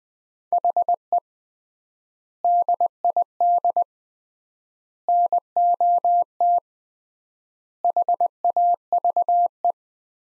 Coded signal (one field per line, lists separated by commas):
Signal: Morse code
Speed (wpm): 20 wpm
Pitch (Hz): 700 Hz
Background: none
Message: HE DID NOT HAVE